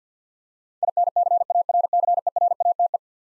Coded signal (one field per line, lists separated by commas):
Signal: Morse code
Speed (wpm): 50 wpm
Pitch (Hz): 700 Hz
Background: none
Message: INCARCERATE